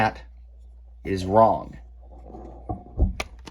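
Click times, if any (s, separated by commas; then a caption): 3.2 s. Someone talks while a plastic part of a Transformers War for Cybertron Siege Jetfire/Skyfire transforming toy is pressed into the robot body. Soft handling noises follow, then a sharp click at 3.2 s as the part sits flush and is confirmed seated.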